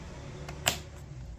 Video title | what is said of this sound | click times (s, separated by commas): Hyundai Sonata 15-17 android tesla screen install | There you go, you hear that click? | 0.7 s